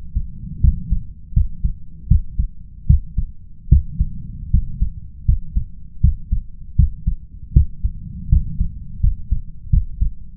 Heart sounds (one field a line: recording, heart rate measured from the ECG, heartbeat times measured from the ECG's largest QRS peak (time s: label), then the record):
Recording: heart sounds by stethoscope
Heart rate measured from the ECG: 79 bpm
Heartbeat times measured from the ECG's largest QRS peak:
0.60 s: heartbeat
1.33 s: heartbeat
2.07 s: heartbeat
2.86 s: heartbeat
3.68 s: heartbeat
4.50 s: heartbeat
5.25 s: heartbeat
6.00 s: heartbeat
6.75 s: heartbeat
7.52 s: heartbeat
8.28 s: heartbeat
9.00 s: heartbeat
9.69 s: heartbeat
From the record:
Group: healthy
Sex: male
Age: 21 years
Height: 180 cm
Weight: 67.5 kg